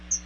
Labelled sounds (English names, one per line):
Chestnut-sided Warbler flight call